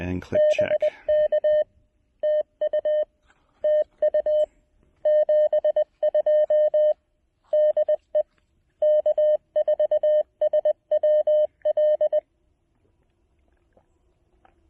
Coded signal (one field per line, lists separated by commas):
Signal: Morse code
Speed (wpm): 22 wpm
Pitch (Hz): 610 Hz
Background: speech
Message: BK TU TU 72 DE K4SWL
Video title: Getting to Know You: The Mountain Topper MTR-3B QRP Transceiver--my thoughts and a POTA activation!